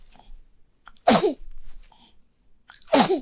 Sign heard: Baby sneeze.